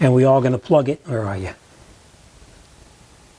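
During a rear brake replacement on a 2018 Toyota C-HR with an electronic parking brake, the electrical connector is lined up with the rear caliper parking brake motor before being plugged in. Someone talks for about the first 1.5 seconds, followed by quiet, faint rustling. Nothing has seated or clicked yet.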